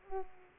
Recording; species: mosquito wingbeat signal from an infrared sensor; Culex quinquefasciatus